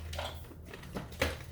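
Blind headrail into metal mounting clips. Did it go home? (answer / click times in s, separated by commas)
yes / 1.2 s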